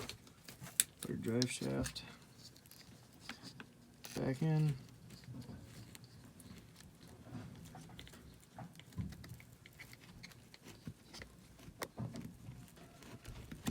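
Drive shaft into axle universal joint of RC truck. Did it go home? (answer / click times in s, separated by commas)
no / none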